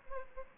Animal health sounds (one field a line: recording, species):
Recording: mosquito wingbeat signal from an infrared sensor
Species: Aedes albopictus